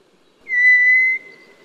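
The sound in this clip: White's thrush giving one drawn-out, pure monotone whistle that drops off sharply at its end, in otherwise quiet surroundings.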